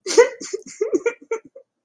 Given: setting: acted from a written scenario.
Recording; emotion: vocal sound without words; sadness